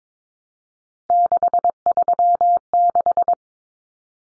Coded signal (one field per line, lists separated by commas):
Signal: Morse code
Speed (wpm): 22 wpm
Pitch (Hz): 700 Hz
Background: none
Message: 636